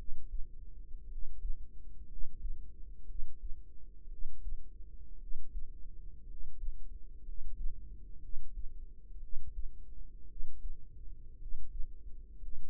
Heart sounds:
heart sounds by microphone in the right ear; 58 bpm
1.06 s: heartbeat
2.06 s: heartbeat
3.04 s: heartbeat
4.07 s: heartbeat
5.17 s: heartbeat
6.25 s: heartbeat
7.22 s: heartbeat
8.18 s: heartbeat
9.18 s: heartbeat
10.25 s: heartbeat
11.36 s: heartbeat
12.37 s: heartbeat
From the record:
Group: healthy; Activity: rest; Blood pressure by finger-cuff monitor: 108/55 mmHg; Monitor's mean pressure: 68 mmHg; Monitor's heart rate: 56 bpm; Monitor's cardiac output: 5.1 L/min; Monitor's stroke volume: 88 mL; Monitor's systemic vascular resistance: 940 dyn s/cm5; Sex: male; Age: 25 years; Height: 170 cm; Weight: 70.4 kg

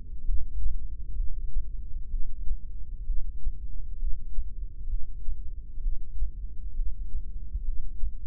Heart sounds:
heart sounds by microphone in the left ear; 65 bpm
0.27 s: heartbeat
1.18 s: heartbeat
2.11 s: heartbeat
3.08 s: heartbeat
4.00 s: heartbeat
4.90 s: heartbeat
5.83 s: heartbeat
6.77 s: heartbeat
7.66 s: heartbeat
From the record:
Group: heart failure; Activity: rest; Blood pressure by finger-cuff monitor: 132/93 mmHg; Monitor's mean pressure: 107 mmHg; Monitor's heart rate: 64 bpm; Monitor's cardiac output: 6.1 L/min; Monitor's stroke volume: 93 mL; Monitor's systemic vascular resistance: 1360 dyn s/cm5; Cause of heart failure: idiopathic cardiomyopathy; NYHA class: 1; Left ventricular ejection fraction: 50%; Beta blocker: bisoprolol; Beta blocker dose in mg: 5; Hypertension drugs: candesartan, spironolactone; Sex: male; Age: 54 years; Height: 180 cm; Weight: 94.6 kg

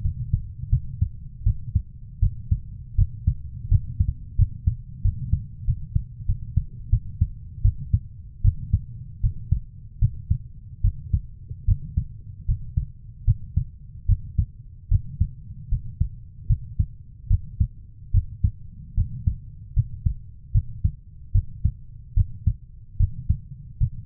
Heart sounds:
heart sounds by stethoscope; 78 bpm
0.02 s: heartbeat
0.70 s: heartbeat
1.44 s: heartbeat
2.20 s: heartbeat
2.96 s: heartbeat
3.69 s: heartbeat
4.36 s: heartbeat
5.02 s: heartbeat
5.65 s: heartbeat
6.26 s: heartbeat
6.90 s: heartbeat
7.62 s: heartbeat
8.42 s: heartbeat
9.21 s: heartbeat
9.99 s: heartbeat
10.82 s: heartbeat
11.65 s: heartbeat
12.46 s: heartbeat
13.25 s: heartbeat
14.06 s: heartbeat
14.89 s: heartbeat
15.69 s: heartbeat
16.47 s: heartbeat
17.28 s: heartbeat
18.11 s: heartbeat
18.95 s: heartbeat
19.74 s: heartbeat
20.52 s: heartbeat
21.32 s: heartbeat
22.14 s: heartbeat
22.97 s: heartbeat
23.78 s: heartbeat
From the record:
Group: healthy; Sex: female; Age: 24 years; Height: 163 cm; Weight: 55.7 kg

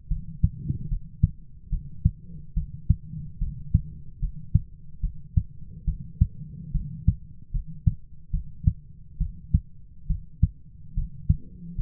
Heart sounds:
heart sounds by stethoscope; 72 bpm
0.09 s: heartbeat
0.89 s: heartbeat
1.70 s: heartbeat
2.55 s: heartbeat
3.39 s: heartbeat
4.20 s: heartbeat
5.01 s: heartbeat
5.86 s: heartbeat
6.72 s: heartbeat
7.52 s: heartbeat
8.31 s: heartbeat
9.19 s: heartbeat
10.08 s: heartbeat
10.95 s: heartbeat
11.76 s: heartbeat
From the record:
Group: healthy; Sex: female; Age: 22 years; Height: 161 cm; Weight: 65.5 kg

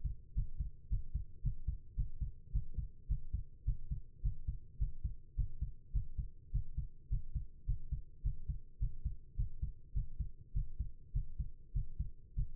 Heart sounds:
heart sounds by stethoscope; 105 bpm
0.34 s: heartbeat
0.89 s: heartbeat
1.42 s: heartbeat
1.96 s: heartbeat
2.52 s: heartbeat
3.08 s: heartbeat
3.65 s: heartbeat
4.22 s: heartbeat
4.78 s: heartbeat
5.36 s: heartbeat
5.92 s: heartbeat
6.51 s: heartbeat
7.09 s: heartbeat
7.66 s: heartbeat
8.22 s: heartbeat
8.79 s: heartbeat
9.36 s: heartbeat
9.93 s: heartbeat
10.53 s: heartbeat
11.12 s: heartbeat
11.73 s: heartbeat
12.35 s: heartbeat
From the record:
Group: healthy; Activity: breath hold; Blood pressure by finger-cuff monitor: 106/78 mmHg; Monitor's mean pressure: 89 mmHg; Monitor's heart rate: 104 bpm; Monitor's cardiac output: 7.7 L/min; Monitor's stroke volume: 72 mL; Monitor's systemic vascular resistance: 840 dyn s/cm5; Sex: female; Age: 19 years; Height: 163 cm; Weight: 51 kg

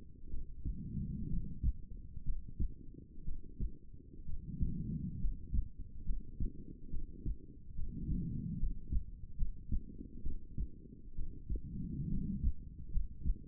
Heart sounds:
heart sounds by stethoscope; 67 bpm
0.29 s: heartbeat
1.28 s: heartbeat
2.23 s: heartbeat
3.24 s: heartbeat
4.24 s: heartbeat
5.19 s: heartbeat
6.04 s: heartbeat
6.89 s: heartbeat
7.74 s: heartbeat
8.57 s: heartbeat
9.36 s: heartbeat
10.22 s: heartbeat
11.14 s: heartbeat
12.08 s: heartbeat
12.90 s: heartbeat
From the record:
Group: healthy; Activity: rest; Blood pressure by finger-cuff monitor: 119/66 mmHg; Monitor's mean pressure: 84 mmHg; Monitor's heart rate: 65 bpm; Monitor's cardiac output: 6.9 L/min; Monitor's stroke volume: 101 mL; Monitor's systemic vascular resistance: 880 dyn s/cm5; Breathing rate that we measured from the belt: 17 breaths a minute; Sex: female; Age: 23 years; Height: 160 cm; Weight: 50.4 kg

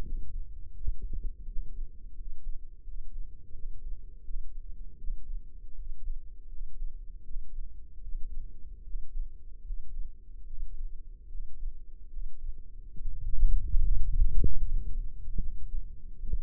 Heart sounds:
heart sounds by microphone in the left ear; 78 bpm
0.02 s: heartbeat
0.74 s: heartbeat
1.46 s: heartbeat
2.15 s: heartbeat
2.83 s: heartbeat
3.53 s: heartbeat
4.24 s: heartbeat
4.97 s: heartbeat
5.75 s: heartbeat
6.48 s: heartbeat
7.24 s: heartbeat
8.02 s: heartbeat
8.83 s: heartbeat
9.62 s: heartbeat
10.46 s: heartbeat
11.28 s: heartbeat
12.09 s: heartbeat
12.94 s: heartbeat
13.78 s: heartbeat
14.60 s: heartbeat
15.39 s: heartbeat
16.22 s: heartbeat
From the record:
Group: healthy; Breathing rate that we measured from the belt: 18 breaths a minute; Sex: male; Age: 35 years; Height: 178 cm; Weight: 64 kg

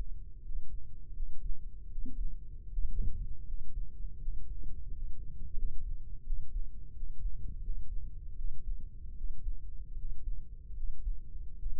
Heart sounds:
heart sounds by microphone in the left ear; 81 bpm
0.42 s: heartbeat
1.14 s: heartbeat
1.89 s: heartbeat
2.69 s: heartbeat
3.45 s: heartbeat
4.19 s: heartbeat
4.89 s: heartbeat
5.55 s: heartbeat
6.24 s: heartbeat
6.94 s: heartbeat
7.61 s: heartbeat
8.36 s: heartbeat
9.15 s: heartbeat
9.96 s: heartbeat
10.74 s: heartbeat
11.57 s: heartbeat
From the record:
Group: healthy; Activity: rest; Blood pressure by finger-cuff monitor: 92/58 mmHg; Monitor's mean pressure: 69 mmHg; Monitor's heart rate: 81 bpm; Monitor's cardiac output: 5.3 L/min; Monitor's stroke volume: 65 mL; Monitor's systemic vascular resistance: 920 dyn s/cm5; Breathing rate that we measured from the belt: 24 breaths a minute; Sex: male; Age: 22 years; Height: 181 cm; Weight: 60 kg

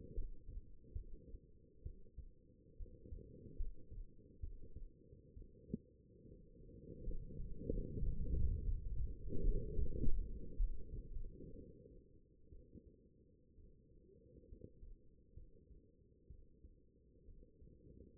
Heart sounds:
heart sounds by stethoscope; 67 bpm
0.14 s: heartbeat
0.93 s: heartbeat
1.83 s: heartbeat
2.77 s: heartbeat
3.56 s: heartbeat
4.40 s: heartbeat
5.34 s: heartbeat
6.26 s: heartbeat
7.03 s: heartbeat
7.68 s: heartbeat
8.63 s: heartbeat
9.43 s: heartbeat
10.57 s: heartbeat
11.55 s: heartbeat
12.49 s: heartbeat
13.55 s: heartbeat
14.47 s: heartbeat
15.34 s: heartbeat
16.27 s: heartbeat
17.25 s: heartbeat
18.15 s: heartbeat
From the record:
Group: healthy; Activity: rest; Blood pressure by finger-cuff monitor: 114/72 mmHg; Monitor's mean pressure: 84 mmHg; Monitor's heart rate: 65 bpm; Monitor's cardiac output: 5.6 L/min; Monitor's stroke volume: 82 mL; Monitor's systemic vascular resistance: 1110 dyn s/cm5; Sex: female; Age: 22 years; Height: 171 cm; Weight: 65.6 kg

